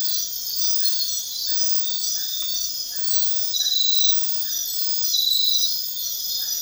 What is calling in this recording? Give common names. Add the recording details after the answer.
none. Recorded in dense forest near Puerto Asís, Putumayo, Colombia, on 19 February 2024 at 02:30. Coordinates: 0.500, -76.322. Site G6465